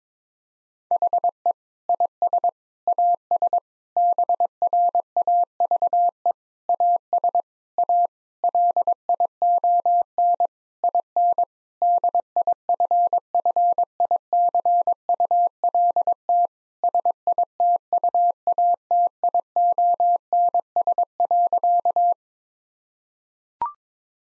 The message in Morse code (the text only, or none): HE IS AS BRAVE AS A LION IN DIFFICULT SITUATIONS.